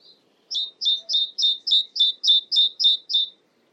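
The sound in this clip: Great tit calling: a steady series of about ten sharp two-part high notes, roughly three to four per second, in a quiet setting.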